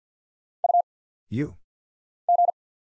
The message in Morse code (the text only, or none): U G